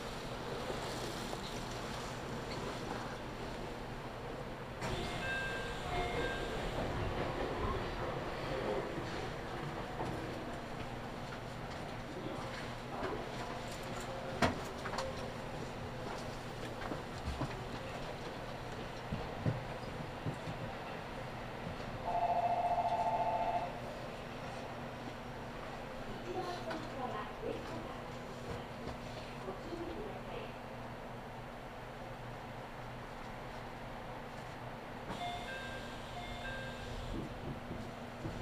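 A local train rides along the line, heard from inside the car as a steady low rumble and hum with scattered clicks and knocks from the track. Around 22 seconds a short, clear tone sounds, and faint voices and a rising whine come and go.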